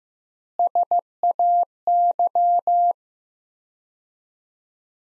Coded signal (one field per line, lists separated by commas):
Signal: Morse code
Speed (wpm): 16 wpm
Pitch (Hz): 700 Hz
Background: none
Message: SAY